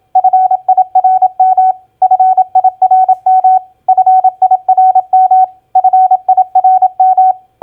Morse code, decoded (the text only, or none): FIRM FIRM FIRM FIRM